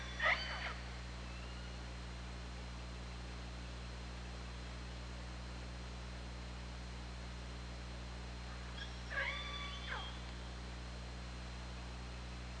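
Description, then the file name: Killer whale pulsed calls, a sharp harmonic call at the start and a second buzzy call after a long pause, over continuous low hum. Recorded on the OrcaLab hydrophone, 24 August 2017, 21:36:46. "Orca Lab UTLN JASON 20170824 213646"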